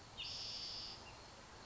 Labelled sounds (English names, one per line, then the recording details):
Spotted Towhee
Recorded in Sonoma County, California